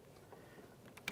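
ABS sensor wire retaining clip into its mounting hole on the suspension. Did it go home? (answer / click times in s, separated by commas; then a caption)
yes / 1.1 s. A new plastic retaining clip on the ABS sensor wire of a 2004-2015 Nissan Titan, supplied because the original was missing, is lined up by its locking tab and squeezed into its mounting hole on the steering knuckle area of the front suspension during a wheel bearing and hub replacement. Faint ticks and handling noises lead up to a sharp click at 1.1 s as the clip seats into the bracket.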